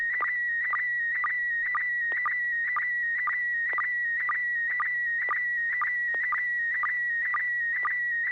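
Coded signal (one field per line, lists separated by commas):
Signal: SSTV (slow-scan television)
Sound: steady high whistling tone with quick regular chirping dips about twice a second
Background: low hum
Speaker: you ready to send us a picture was their tone was tone [Music] [Music]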